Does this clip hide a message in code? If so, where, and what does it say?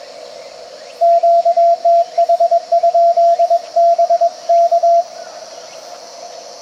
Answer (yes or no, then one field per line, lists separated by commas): yes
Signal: Morse code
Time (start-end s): 1.0-5.0 s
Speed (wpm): 21 wpm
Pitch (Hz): 680 Hz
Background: radio noise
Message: QTH? BK